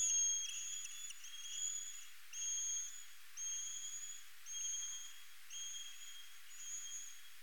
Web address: Rhinolophus megaphyllus